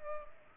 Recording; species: mosquito wingbeat signal from an infrared sensor; Culex pipiens